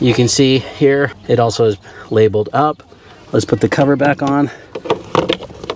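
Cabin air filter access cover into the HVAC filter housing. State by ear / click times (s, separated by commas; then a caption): seated / 5.1 s, 5.3 s. Someone talks while the plastic cabin air filter cover of a 2012–2014 Toyota Camry is pressed back onto the HVAC filter housing behind the glovebox. Sharp clicks at 5.1 s and 5.3 s mark the cover snapping into place, fully seated.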